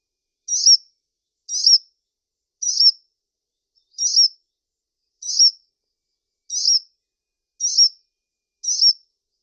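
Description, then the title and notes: Brown-throated sunbird calls: a steady series of lone, piercing high chips about once per second, clean and unaccompanied. Bird described as singing actively (gacor). "Kolibri Gacor. Kolibri Kelapa"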